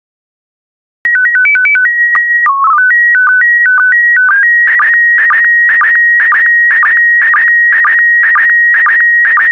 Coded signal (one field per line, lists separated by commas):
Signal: SSTV (slow-scan television)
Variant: PD 120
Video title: 92061 Scotland SSTV PD120